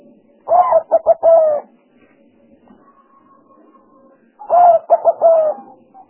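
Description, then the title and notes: Spotted dove coos twice in soft, rhythmic phrases of long and short notes, with a faint steady tone sounding between them. Collection of calls used as lure sounds for trapping. "Pikat Burung Tekukur. Kumpulan suara burung tekukur"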